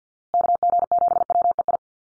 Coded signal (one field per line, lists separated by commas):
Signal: Morse code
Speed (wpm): 50 wpm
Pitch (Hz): 700 Hz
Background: none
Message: KG7WEI